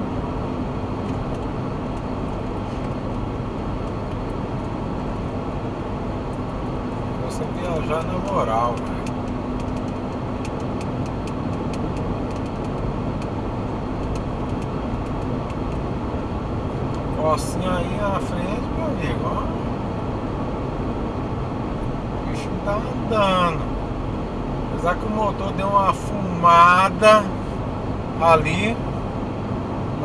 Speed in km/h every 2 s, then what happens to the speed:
96, 96, 96, 95, 96, 96, 97, 98, 98, 98, 99, 99, 99, 97, 97.
0-30 steady at about 97.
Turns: none.